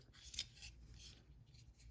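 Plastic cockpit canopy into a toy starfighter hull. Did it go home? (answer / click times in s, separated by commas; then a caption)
yes / 0.4 s. A plastic cockpit canopy that came crooked out of the package, possibly from aggressive opening, is pushed back onto the hull of a Jazwares Micro Galaxy Squadron toy of Ahsoka's Jedi Starfighter. Soft plastic rubbing and handling sit over a low steady rumble, with a sharp, bright click at 0.4 s. The canopy snaps into place and is seated.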